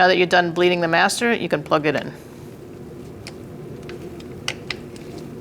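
Someone talks briefly, then an electrical connector is handled against the reservoir sensor on the plastic reservoir of a freshly bled new brake master cylinder on a 2004-2012 Chevrolet Colorado. The handling makes short, sharp ticks at about 3.3, 3.9, 4.5, 4.7 and 5.0 seconds, with the loudest at 4.5 and 4.7 seconds. The connector has not clicked or seated yet.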